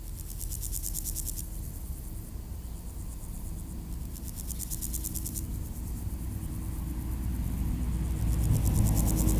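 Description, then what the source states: Grasshopper: high, grainy stridulation in repeated pulsed bursts separated by gaps, with road noise growing louder toward the end. Recorded beside the D633 road at Aveize, France, with passing cars; Sony PCM-M10 recorder, Luhd AB microphone position.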